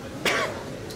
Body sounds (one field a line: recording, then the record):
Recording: coughing mixed with background sound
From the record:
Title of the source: 31 night wet cough